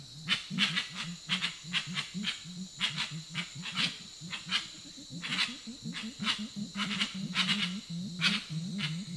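Grey-winged trumpeter giving a fast, continuous stream of low hooting notes, slightly uneven in spacing, mixed with many sharp snapping clicks.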